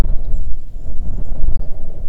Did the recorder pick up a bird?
yes